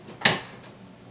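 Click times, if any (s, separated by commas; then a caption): 0.3 s. A black ink cartridge on an Epson WorkForce printer is pulled out and pushed straight back into the carriage. A sharp, bright click at 0.3 s rings briefly into a quiet room, followed by a much fainter tick around 0.6 s. The cartridge seats firmly in the carriage.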